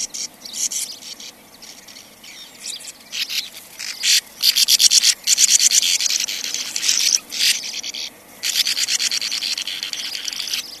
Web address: earth naturelibrary sand martin